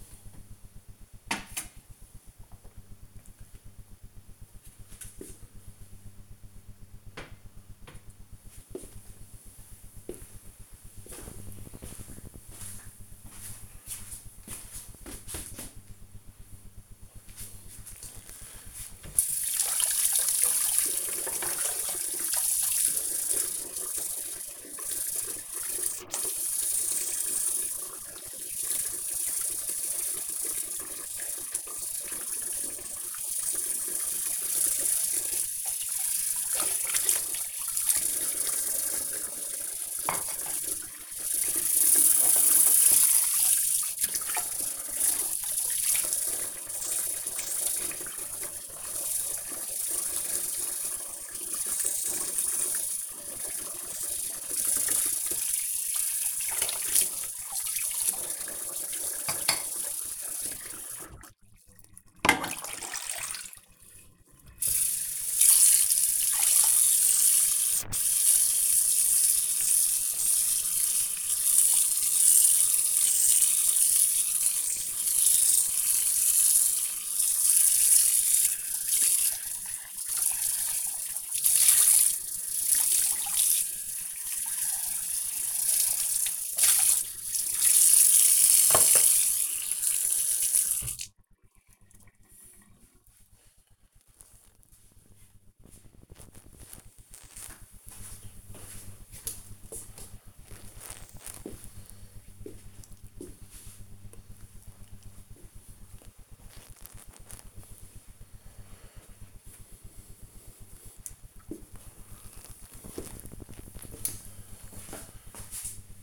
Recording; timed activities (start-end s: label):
household activities, microphone on the right wrist
17.70-91.23 s: washing dishes